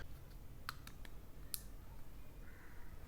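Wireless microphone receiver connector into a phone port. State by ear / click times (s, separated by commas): seated / 1.5 s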